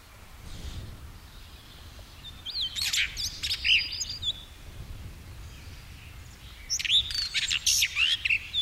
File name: bluerockthrush